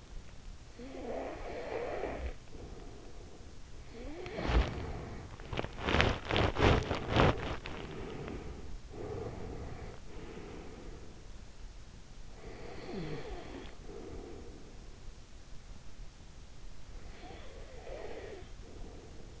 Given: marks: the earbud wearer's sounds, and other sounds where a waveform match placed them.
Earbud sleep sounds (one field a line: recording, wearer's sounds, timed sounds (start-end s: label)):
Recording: sounds in sleep by an in-ear microphone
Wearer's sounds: snoring breath, teeth grinding, breath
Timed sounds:
0.59-3.65 s: snoring breath
4.15-7.75 s: teeth grinding
7.75-11.56 s: breath
12.34-14.96 s: breath
16.78-19.40 s: breath